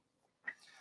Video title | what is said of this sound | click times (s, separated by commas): Recursos inovadores na prática: Receitas e técnicas apresentadas no Webinar Pacojet | Attach the beaker until you hear the click. | 0.5 s